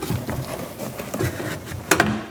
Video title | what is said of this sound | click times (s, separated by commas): How to Replace Rear Power Window Motor & Regulator Assemblies 2011-2027 Dodge Durango | And just like that, you heard the two snaps. And that is our window tabs clicking into place. So now our window glass is locked in. | 1.9 s, 2.0 s